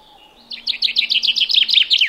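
Common chaffinch singing a fast run of many repeated descending notes in quick succession.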